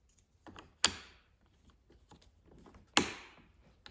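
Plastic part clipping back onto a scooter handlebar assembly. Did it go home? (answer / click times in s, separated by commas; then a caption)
yes / 3.0 s. A plastic part is pressed back onto the handlebar assembly of a Honda Navi being fitted with a new aftermarket Pro Taper handlebar and Pro Taper grips, as parts are reinstalled. After a few soft knocks and a sharp hit at 0.8 s, a second sharp snap at 3.0 s marks the plastic part seating back into place.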